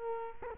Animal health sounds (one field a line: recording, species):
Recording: mosquito wingbeat signal from an infrared sensor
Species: Culex quinquefasciatus